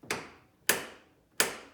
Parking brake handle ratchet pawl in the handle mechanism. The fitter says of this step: take it to two clicks and the